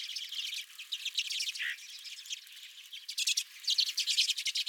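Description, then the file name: Redpoll chattering calls, a steady run of buzzy notes, one brief lower rasp, then a louder rattling burst of calls. Redpolls at the recordist's feeder. "Redpolls at My Feeder"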